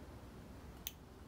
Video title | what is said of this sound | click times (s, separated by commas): REWIRING 12" LA CHOPPER BARS FOR STREETGLIDE!!! #harleydavidson #streetglide #copart | it goes. That one clicked as well. | 0.9 s